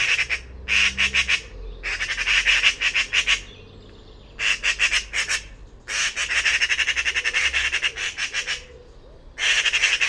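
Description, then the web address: Bird uttering fast rattling pulses in repeated bursts, some bouts short and stuttering, others long and even, over a quiet low rumble. Recordings from the "Pi Pi Pi Pi" call class in a 2025 bird-only dataset. "cianscape birddata Deverinetal 2025 File origin Bird Only More Classes Pi Pi Pi Pi"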